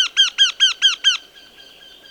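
Eurasian wryneck giving six strident, nasal, evenly spaced notes in quick succession, then a faint lingering tone with quiet background.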